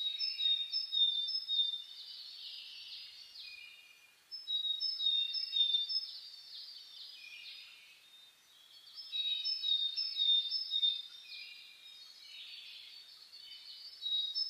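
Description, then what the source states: Birds in a dawn chorus, overlapping high trills, chirps and whistles that rise in loud waves separated by quieter stretches. Dawn chorus (reimei) birdsong (saezuri), recorded 10 May 2010.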